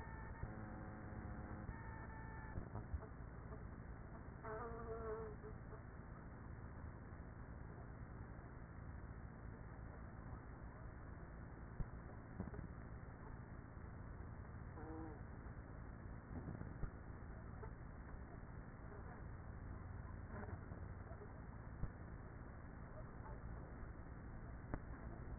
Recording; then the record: honeybee colony, microphone inside the hive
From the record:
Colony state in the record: queenless with a low population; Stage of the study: after two queens were removed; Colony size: about 30,000 bees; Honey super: no